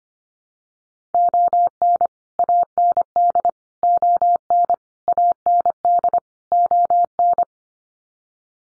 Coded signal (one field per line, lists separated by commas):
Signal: Morse code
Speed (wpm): 25 wpm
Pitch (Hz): 700 Hz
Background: none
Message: ON AND ON AND ON